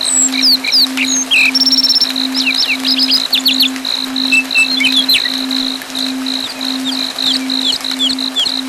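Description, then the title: Bird twittering, with rapid high slurred chirps and a brief buzzy trill, against a regular electronic-sounding beep and a low pulsing hum. "SuaraBurung Kicau"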